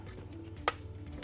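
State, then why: Seated. While a replacement windshield washer tank is fitted on a 2018 Jaguar F-Type R, a washer tank fitting or clip is pushed home into the car body. Against a low background hum, one sharp click sounds at 0.68 s, followed by a fainter tick near the end. The click is taken to mean the part has seated.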